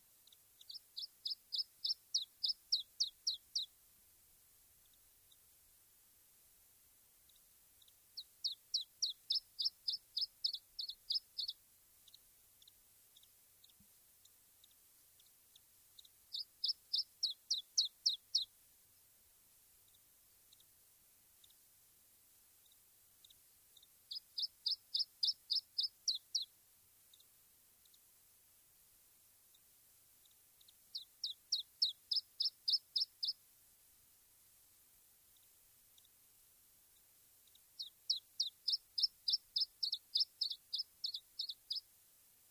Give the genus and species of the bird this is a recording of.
Phylloscopus ibericus